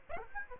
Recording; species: mosquito wingbeat signal from an infrared sensor; Aedes aegypti